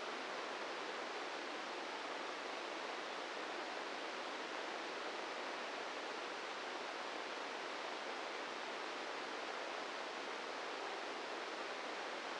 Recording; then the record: brain microelectrode recording played as sound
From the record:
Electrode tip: inside the subthalamic nucleus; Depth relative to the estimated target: -4 mm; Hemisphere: left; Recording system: NeuroSet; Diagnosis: Parkinson's disease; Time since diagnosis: 8 years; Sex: male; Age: 46 years